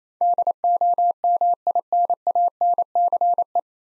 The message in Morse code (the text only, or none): DOMINANCE